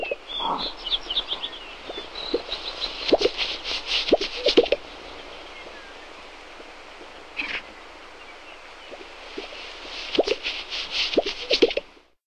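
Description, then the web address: Greater sage-grouse display sounds: soft low pops and plopping notes in a few bursts, with higher chirping sounds above. "Songs of Birds of North America Stokes. Sage Grouse"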